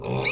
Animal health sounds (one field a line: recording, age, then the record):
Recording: pig call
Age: weaner (32 to 43 days)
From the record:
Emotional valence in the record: negative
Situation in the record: novel object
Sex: female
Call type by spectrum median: high-frequency call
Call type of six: low-frequency modulated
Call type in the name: high-frequency modulated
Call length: 0.31 s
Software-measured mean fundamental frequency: 61 Hz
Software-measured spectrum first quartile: 581 Hz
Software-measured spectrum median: 2287 Hz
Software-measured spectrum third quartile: 4953 Hz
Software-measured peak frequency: 2239 Hz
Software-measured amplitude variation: 124 dB a second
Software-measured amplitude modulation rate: 29.0 a second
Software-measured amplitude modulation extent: 4.3 dB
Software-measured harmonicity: 0.0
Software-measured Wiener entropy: -3.36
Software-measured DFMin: 1155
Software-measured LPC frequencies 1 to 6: 462, 2272, 2520, 3810, 4373, 5075 Hz